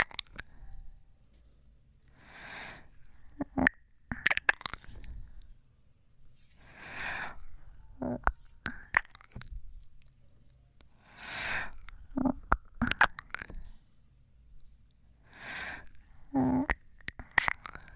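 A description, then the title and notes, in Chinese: Soft kissing sounds come in clusters roughly every four to five seconds, each a breathy smack followed by sharp little clicks and pops. Between them it is quiet apart from a low hum, with a brief voiced murmur near sixteen seconds. 纯享版亲吻声！左边一个kiss右边一个kiss。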